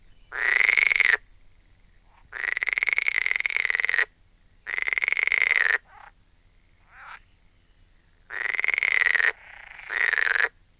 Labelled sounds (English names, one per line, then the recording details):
Edible Frog
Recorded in the wild
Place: Lübars, Benekendorffstraße, Berlin, DE
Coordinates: 52.6167, 13.3469
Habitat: Gartenteich
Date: 2000-04-30 13:15
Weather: heiter, 24°C
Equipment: Nagra SN, Kopie Uher 4000 Report Monitor
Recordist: Tembrock, Günter
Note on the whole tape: Diverse Lautformen, einzelne Tiere im Gartenteich (Entfernung 2-3 m). Gute Laute von Einzeltieren, bei lauten Passagen teilweise Kopiereffekte; sonst sehr gute Aufnahmequalität